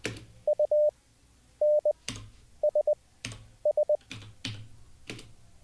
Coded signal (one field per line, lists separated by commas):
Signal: Morse code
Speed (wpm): 20 wpm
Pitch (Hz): 600 Hz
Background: none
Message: U N S S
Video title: How To Learn Morse Code LIVE with N0SSC (Day 2)